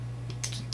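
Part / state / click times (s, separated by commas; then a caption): retractable stock into rifle receiver rails / seated / 0.4 s, 0.7 s. A collapsible, retractable stock on an HK MP5 / GSG 5-style rifle is slid along its receiver rails and released over a steady low hum. After a faint tick at 0.3 s, sharp metallic clicks come at 0.4 s and 0.7 s as the stock locks into its next position, seated in place.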